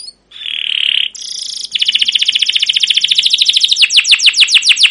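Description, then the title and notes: Canary gives a sustained buzzy note, a brief higher buzz, then a long rapid trill of falling notes that slows toward the end. Long continuous 'cuit cuit ngerol' canary song, used as a lure and master recording for young canaries learning sounds, for training caged birds. "CUIT CUIT NGEROL LANGSUNG GACOR PANJANG Kenari Pancingan KENAR. PANCINGAN Kenari GACOR PANJANG Cuit CUIT EMOSI MASTERAN Kenari PAUD belajar BUNYI. burung kenari"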